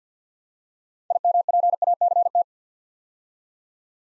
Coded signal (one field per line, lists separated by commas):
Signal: Morse code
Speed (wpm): 50 wpm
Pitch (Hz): 700 Hz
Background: none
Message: IMPACT